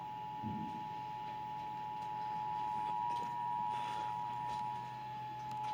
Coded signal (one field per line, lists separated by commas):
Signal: Emergency Alert System (SAME) tones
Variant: 853 and 960 Hz attention tone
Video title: A EHCHANCED RISK OF THE TORNADO EAS 100!!! EAS Alerts from 1/24/23 (EAS#81 & #115)